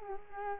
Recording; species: mosquito wingbeat signal from an infrared sensor; Culex quinquefasciatus